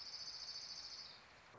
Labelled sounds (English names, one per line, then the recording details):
Orange-crowned Warbler
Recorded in Sonoma County, California